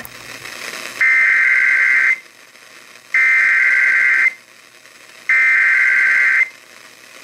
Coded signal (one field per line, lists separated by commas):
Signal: Emergency Alert System (SAME) tones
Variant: header bursts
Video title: FREEFORM JAZZ... EAS Alerts from 7/17/21 (EAS #5,917 - 5,928)